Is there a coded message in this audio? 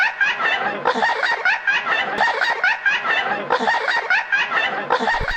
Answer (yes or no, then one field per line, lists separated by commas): no